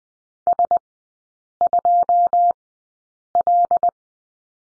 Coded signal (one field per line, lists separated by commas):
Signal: Morse code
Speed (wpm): 20 wpm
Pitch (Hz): 700 Hz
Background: none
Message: S2L